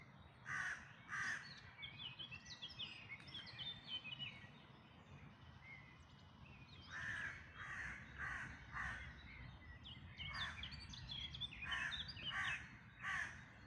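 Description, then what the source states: Birds calling at dawn: repeated harsh caws, often in pairs, with busy high chirping from other birds throughout and a low steady rumble. Dawn chorus, May 2026.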